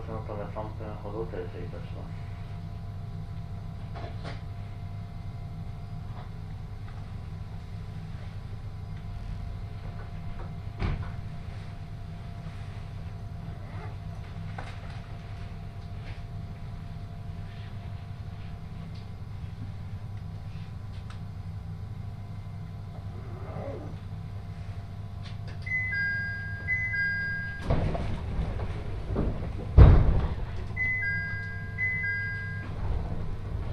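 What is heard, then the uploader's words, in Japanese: A train interior on a line toward a city, with a steady low rumble of the moving carriage underneath a constant hum. Faint clicks and knocks come through, and near the end, around 26–32 seconds, a two-tone chime sounds twice amid louder clatter. 耳で楽しむ鉄道旅 羽越本線 羽後本荘→秋田。今度は桂根駅を通過する列車なので１つ停車駅が少なくなります。羽後本荘で沢山乗車しているので車内が混雑しています。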